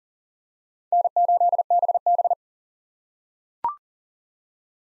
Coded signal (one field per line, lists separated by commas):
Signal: Morse code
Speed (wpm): 37 wpm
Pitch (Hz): 700 Hz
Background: none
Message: N8BB